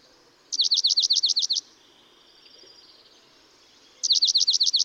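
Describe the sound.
Dark-eyed Junco song of about ten quick sweeping notes in a trill, repeated after a pause of over two seconds, with a faint high trill between.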